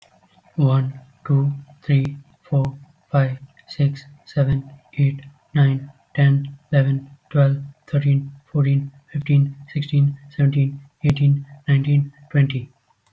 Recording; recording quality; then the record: counting at a normal pace; excellent, no background noise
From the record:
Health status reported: healthy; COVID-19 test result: negative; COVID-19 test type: RT-PCR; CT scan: not taken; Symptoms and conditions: none ticked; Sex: male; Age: 20 years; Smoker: no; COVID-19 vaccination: both doses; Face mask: worn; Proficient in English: yes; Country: India